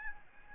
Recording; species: mosquito wingbeat signal from an infrared sensor; Aedes albopictus